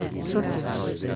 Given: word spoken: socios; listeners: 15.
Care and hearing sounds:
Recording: one Spanish word in noise, from a listening test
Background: eight-talker babble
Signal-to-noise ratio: -1.8 dB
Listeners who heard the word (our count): 2 of 15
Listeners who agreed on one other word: 12 of 15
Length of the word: 0.76 s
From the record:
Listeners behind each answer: 12, 2, 1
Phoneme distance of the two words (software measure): 10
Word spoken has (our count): 2 syllables, 6 phonemes, stress on syllable 1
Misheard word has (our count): 2 syllables, 6 phonemes, stress on syllable 1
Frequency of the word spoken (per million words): 34.12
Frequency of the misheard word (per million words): 5.47

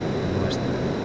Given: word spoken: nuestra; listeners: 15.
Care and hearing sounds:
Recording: one Spanish word in noise, from a listening test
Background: speech-shaped noise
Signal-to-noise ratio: -4.3 dB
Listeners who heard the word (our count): 3 of 15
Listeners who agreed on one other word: 8 of 15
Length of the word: 0.65 s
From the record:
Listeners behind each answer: 8, 4, 3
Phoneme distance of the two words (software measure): 10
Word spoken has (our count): 2 syllables, 7 phonemes, stress on syllable 1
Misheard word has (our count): 2 syllables, 7 phonemes, stress on syllable 1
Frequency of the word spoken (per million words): 342.95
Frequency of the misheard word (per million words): 369.08

